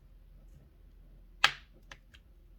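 A plastic pick wedged at a corner between the plastic back cover and the frame of a Samsung Galaxy Tab A (2015) is bent until the cover's retaining clip lets go with one sharp, bright snap at 1.4 s, followed by a much fainter tick at 1.9 s. The clip releases and the back cover comes free at that corner.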